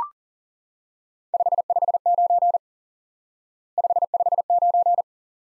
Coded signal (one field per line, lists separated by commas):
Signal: Morse code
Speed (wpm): 42 wpm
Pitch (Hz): 700 Hz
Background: none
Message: 559 559